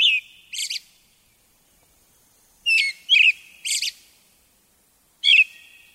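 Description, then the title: Brown-headed thrush song: whistled and buzzy notes in short phrases separated by pauses of one to two seconds. Recorded on Mount Tennyo, Yamanashi Prefecture, Japan. "天女山（山梨県）のアカハラ"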